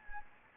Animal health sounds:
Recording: mosquito wingbeat signal from an infrared sensor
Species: Anopheles gambiae

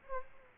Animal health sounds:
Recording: mosquito wingbeat signal from an infrared sensor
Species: Aedes aegypti

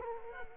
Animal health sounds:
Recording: mosquito wingbeat signal from an infrared sensor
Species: Culex quinquefasciatus

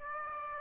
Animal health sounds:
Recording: mosquito wingbeat signal from an infrared sensor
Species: Aedes aegypti

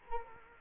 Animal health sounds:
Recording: mosquito wingbeat signal from an infrared sensor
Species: Culex quinquefasciatus

